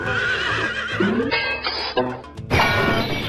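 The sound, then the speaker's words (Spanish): A horse lets out a loud, shrill whinny that rises and wavers in pitch, breaking into several quavering bursts before a final strong neigh over about three seconds. “Pero como los caballos no saben hablar, este no le contestó. Entonces decidió subirse a él. Y el animal decidió que no.”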